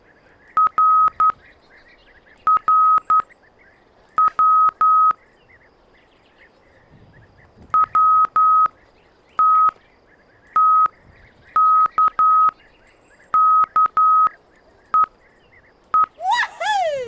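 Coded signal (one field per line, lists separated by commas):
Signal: Morse code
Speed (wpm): 11 wpm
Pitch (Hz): 1270 Hz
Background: none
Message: RR WW TT KK EE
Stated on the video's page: Morse in a 1996 edutainment game.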